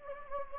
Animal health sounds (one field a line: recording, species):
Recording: mosquito wingbeat signal from an infrared sensor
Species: Anopheles gambiae